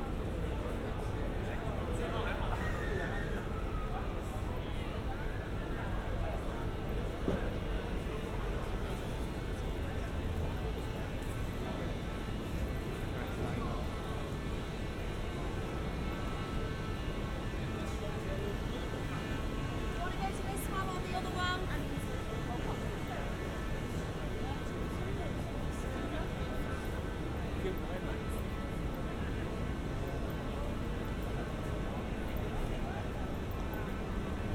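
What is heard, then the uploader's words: A busy Saturday night in London's West End: a dense, steady wash of overlapping voices and crowd chatter over a low rumble of traffic. The level hardly changes throughout, with occasional brief clatters and a sharper click around twenty-one seconds. The sounds of a Saturday night in London's busy West End.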